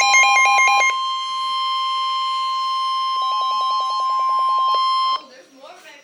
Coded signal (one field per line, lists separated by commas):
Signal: Emergency Alert System (SAME) tones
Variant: 1050 Hz attention tone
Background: speech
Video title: Double Header Winter Storm Warnings - EAS #10-11